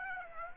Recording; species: mosquito wingbeat signal from an infrared sensor; Aedes aegypti